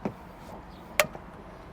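A new DC fast-charging handle is plugged into a car's charging port. After a soft low knock near 0.1 s, the connector latches with a sharp, bright click at 1.0 s, followed by a faint tick and a low steady background hum. The connector is seated.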